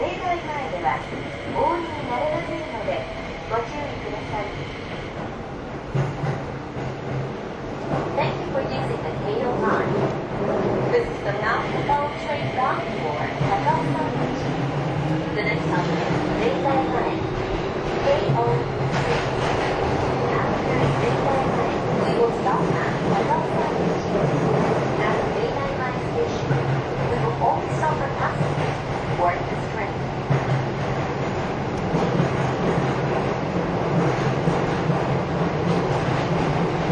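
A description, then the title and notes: A train runs steadily, with a continuous low rumble and rattle that holds level for the whole stretch. A whining motor tone slides up and down around the middle, and faint voices seem to surface now and then under the noise. 京王5000系 ＂Mt TAKAO(マウント高尾)-01号＂. 新宿～高尾山口. The Keio 5000 series is a commuter vehicle that can also be used as a paid train. It is a train running sound (still image) of "Mt TAKAO-01", which is the fastest train of the vehicle.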